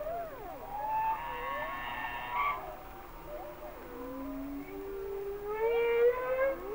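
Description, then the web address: Humpback whale song: overlapping tonal whistles and moans, some rising, some falling, with a long steady tone building near the end. "Whale Songs Sounds of Nature - Humpback Whales"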